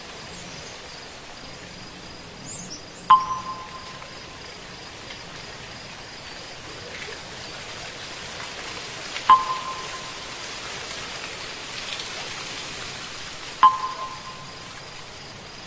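Three clear bell strikes ring out at a temple at night, near three, nine and fourteen seconds, over steady, high-pitched insect chirring and a low hum.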